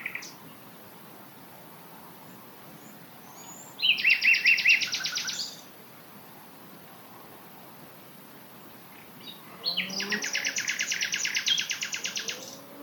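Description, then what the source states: Common Nightingale song: two dense, buzzy bursts of rapidly repeated notes separated by several seconds of quiet. Two males singing at night about 150 metres away in scrubland at Knepp; the right bird copies the left's phrases for a few bars, then each sings its own jazz-style song.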